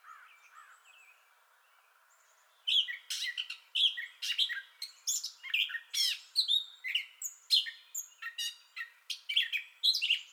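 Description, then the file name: Gray catbird song beginning with a few soft notes, then after a silent gap breaking into a steady fast run of squeaky, scratchy phrases. Entire song bout, 30 May 2021. "2021-05-30 Gray Catbird Entire Song Bout"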